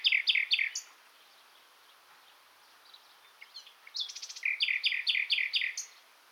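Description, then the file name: Common nightingale song: a quick series of loud, descending whistled notes repeated several times, a pause, a short buzzy trill, then another run of repeated ringing notes. "Luscinia megarhynchos"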